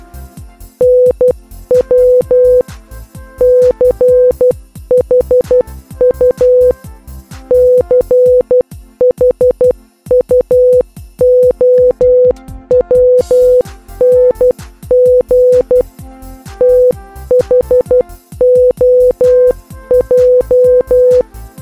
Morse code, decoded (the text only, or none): NW CHU CHUOWNG THOJ